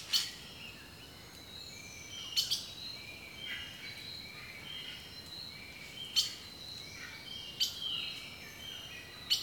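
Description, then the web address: Birds calling: a few crisp, high chips at irregular intervals, some doubled, over layered background chirping. Birdsong recorded in a rainforest, from a nature sounds collection. "The Natural Sounds of the Wilderness 10 CDs collection Echoes of Nature - Rainforest 03 Birdsong"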